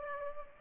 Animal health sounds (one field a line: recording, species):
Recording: mosquito wingbeat signal from an infrared sensor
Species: Culex pipiens